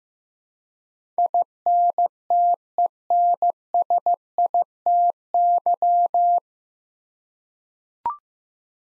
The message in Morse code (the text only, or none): INTENSITY